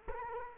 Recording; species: mosquito wingbeat signal from an infrared sensor; Culex quinquefasciatus